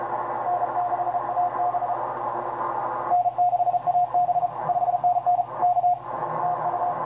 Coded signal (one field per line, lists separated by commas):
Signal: Morse code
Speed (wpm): 34 wpm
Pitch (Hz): 710 Hz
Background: radio noise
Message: N6AB N6AB 5NN K TU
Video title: QRPer vs Maniacs & Savages: QRP in the 2020 ARRL Intl. DX CW test – part 1 of 2